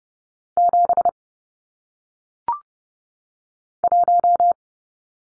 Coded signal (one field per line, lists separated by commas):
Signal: Morse code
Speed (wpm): 30 wpm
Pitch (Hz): 700 Hz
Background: none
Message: 7 1